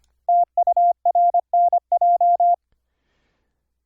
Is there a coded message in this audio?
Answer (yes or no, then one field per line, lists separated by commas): yes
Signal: Morse code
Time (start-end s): 0.3-2.5 s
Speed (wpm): 26 wpm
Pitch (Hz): 700 Hz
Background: none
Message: TU RNJ